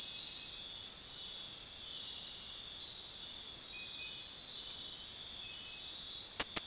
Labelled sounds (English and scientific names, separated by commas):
none